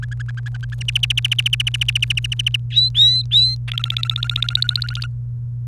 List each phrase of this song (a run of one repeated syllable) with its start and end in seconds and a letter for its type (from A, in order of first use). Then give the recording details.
0.03-0.74 A, 0.81-2.57 B, 2.71-3.55 C, 3.68-5.06 D. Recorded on 29 April 2018 at 06:39. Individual llb3